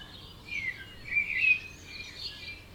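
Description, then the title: Bird song, a few brief high chirps with quieter calls in the background. Dawn chorus at 4am in Oberhofen, Inntal, Austria; binaural, for headphones. "Birds Oberhofen Inntal Austria - 4am - binaural version"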